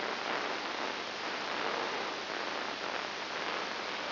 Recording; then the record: brain microelectrode recording played as sound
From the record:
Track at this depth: inside the subthalamic nucleus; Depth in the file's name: 5.501 mm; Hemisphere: left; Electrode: 3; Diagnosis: Parkinson's disease